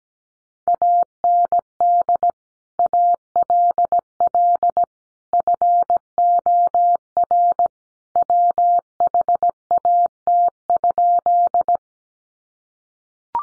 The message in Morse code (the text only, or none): AND ALL FOR WHAT?